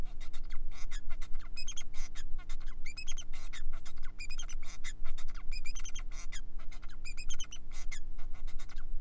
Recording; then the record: song of a male Bengalese finch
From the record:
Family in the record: son of father 4